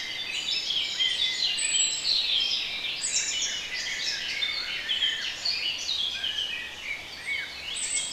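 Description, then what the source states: Birds singing: many overlapping high chirps and whistles form a constant, lively chorus. Bird sounds compiled as a relaxation recording.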